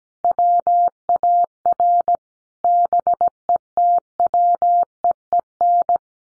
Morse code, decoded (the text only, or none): WAR BETWEEN